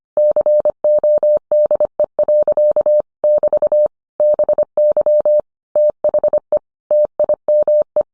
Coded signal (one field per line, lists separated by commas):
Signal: Morse code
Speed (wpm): 25 wpm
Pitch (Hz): 600 Hz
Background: none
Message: CODE. <BT> BY THE TIME